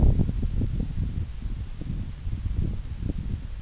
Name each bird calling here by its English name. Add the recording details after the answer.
none. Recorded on Arctic tundra, site NAIT-1, on 26 June 2019. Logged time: 12:00